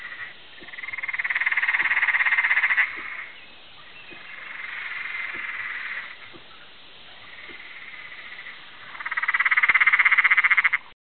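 Frog calling in long pulsed trills, several bouts that swell and ease in loudness, the last bout loudest.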